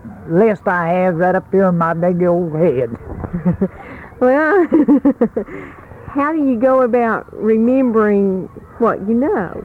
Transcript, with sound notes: list I have right up here in my big ole head.
[Laughs] Well, how do you go about remembering what you know?